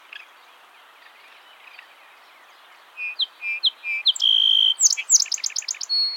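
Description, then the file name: Song sparrow song: after quiet background, spaced whistled introductory notes, a sustained buzzy tone, then a rapid ringing trill and a thin closing note. "Melospiza melodia - Song Sparrow"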